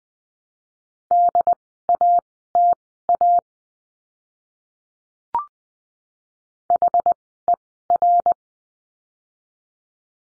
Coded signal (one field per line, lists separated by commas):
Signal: Morse code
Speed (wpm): 20 wpm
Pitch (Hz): 700 Hz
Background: none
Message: DATA HER